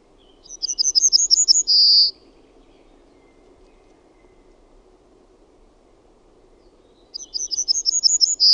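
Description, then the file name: Yellowhammer singing: a quick chain of thin, high repeated notes ending in a long sustained note. After a pause of about five seconds the next song starts and is cut off. "KELTASIRKKU"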